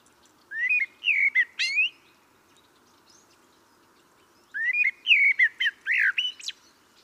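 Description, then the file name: Common blackbird singing two short phrases about four seconds apart, each a low warbled start rising into squeaky, scratchy high notes, with quiet gaps between. "Turdus merula"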